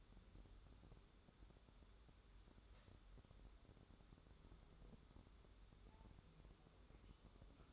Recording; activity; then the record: daily activity, microphone in the room; wipe stove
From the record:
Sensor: 3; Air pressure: 1015.1 hPa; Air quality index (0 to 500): 50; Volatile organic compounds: 1 ppm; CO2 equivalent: 652 ppm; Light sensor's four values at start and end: 15/38/15/16 and 15/38/15/16